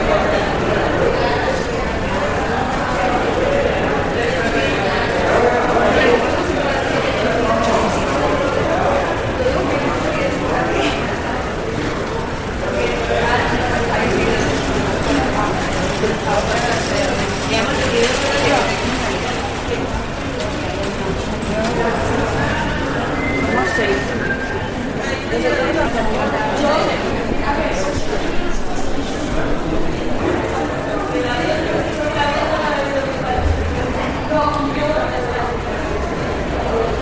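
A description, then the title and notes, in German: An airport check-in hall hums with the soft bustle of travellers and a steady murmur of overlapping voices. The crowd noise stays even throughout, dense and unbroken, with occasional footsteps or light clatter and a faint hum from the departure boards. Sanfte Klänge aus der Flughafen-Abfertigungshalle. Lausche den sanften Klängen des geschäftigen Treibens, dem gedämpften Gemurmel von Passagieren und dem entfernten Summen der Anzeigetafeln.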